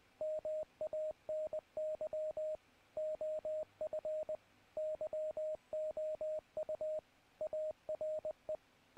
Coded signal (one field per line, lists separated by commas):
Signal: Morse code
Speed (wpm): 19 wpm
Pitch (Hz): 620 Hz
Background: radio noise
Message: MANY OF YOU ARE